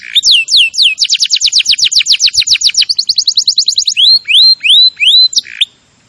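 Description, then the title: Canary song with swooping notes leading into a long rapid trill of falling notes, then several rising whistled slurs before it stops. Canary singing vigorously and continuously (gacor). "Kenari Gacor 10"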